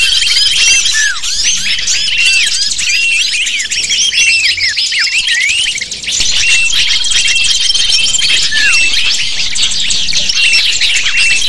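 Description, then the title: Lovebirds chattering in a dense flock, a continuous wash of shrill, rapid chirps and squeaks with occasional thin whistled notes and downslurred calls. Lure recording (pikat) used to attract lovebirds. "PIKAT BURUNG LOVEBIRD"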